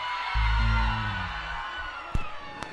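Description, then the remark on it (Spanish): A crowd of fans cheers and girls shriek in a loud, sustained roar of high voices at the Carpa El Gaucho tent in La Florida, with a deep booming rumble early on and a couple of sharp pops near the end. “Y los hinchas de Santo, ¿dónde andan? y el grito de las chicas.”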